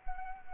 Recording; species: mosquito wingbeat signal from an infrared sensor; Anopheles arabiensis